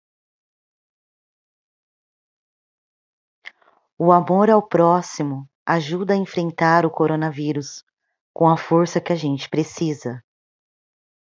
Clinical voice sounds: spoken sentence; Brazilian Portuguese; female; 30 to 39 years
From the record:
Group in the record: control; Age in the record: 34 years

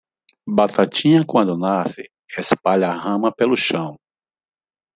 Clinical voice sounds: short text; Brazilian Portuguese; male; 50 to 59 years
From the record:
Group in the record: control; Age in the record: 52 years

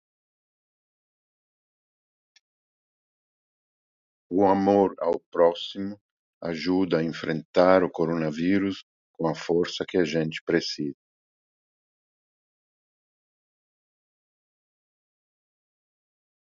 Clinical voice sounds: spoken sentence; Brazilian Portuguese; male; 50 to 59 years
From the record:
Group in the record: control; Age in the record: 57 years

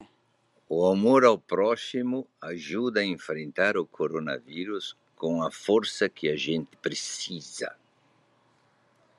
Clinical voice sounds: spoken sentence; Brazilian Portuguese; female; 60 to 69 years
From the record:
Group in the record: control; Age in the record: 68 years

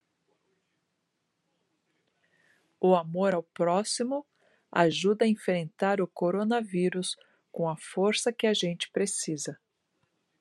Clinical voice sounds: spoken sentence; Brazilian Portuguese; female; 60 to 69 years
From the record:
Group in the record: control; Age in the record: 61 years

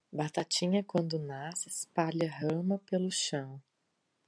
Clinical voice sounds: short text; Brazilian Portuguese; female; 40 to 49 years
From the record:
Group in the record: control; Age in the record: 48 years

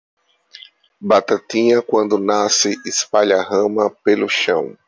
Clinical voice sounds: short text; Brazilian Portuguese; male; 30 to 39 years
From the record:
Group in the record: control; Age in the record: 34 years

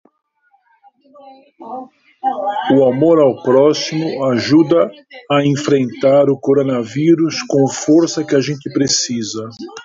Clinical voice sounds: spoken sentence; Brazilian Portuguese; male; 60 to 69 years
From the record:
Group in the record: control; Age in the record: 60 years

